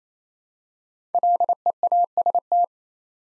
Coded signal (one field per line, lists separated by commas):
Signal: Morse code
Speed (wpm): 29 wpm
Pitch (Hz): 700 Hz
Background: none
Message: LEAST